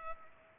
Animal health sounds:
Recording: mosquito wingbeat signal from an infrared sensor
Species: Culex pipiens

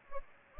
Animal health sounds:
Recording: mosquito wingbeat signal from an infrared sensor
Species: Anopheles gambiae

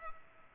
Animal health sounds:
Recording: mosquito wingbeat signal from an infrared sensor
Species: Culex pipiens

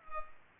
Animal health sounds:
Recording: mosquito wingbeat signal from an infrared sensor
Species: Culex pipiens

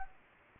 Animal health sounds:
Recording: mosquito wingbeat signal from an infrared sensor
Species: Anopheles gambiae

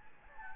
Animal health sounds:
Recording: mosquito wingbeat signal from an infrared sensor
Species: Anopheles gambiae

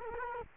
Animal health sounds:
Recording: mosquito wingbeat signal from an infrared sensor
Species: Culex quinquefasciatus

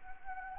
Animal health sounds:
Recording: mosquito wingbeat signal from an infrared sensor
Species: Anopheles arabiensis

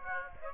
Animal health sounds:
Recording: mosquito wingbeat signal from an infrared sensor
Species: Aedes aegypti

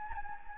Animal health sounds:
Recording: mosquito wingbeat signal from an infrared sensor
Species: Anopheles gambiae

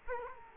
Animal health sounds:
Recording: mosquito wingbeat signal from an infrared sensor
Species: Culex quinquefasciatus

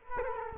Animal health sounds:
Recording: mosquito wingbeat signal from an infrared sensor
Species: Culex quinquefasciatus

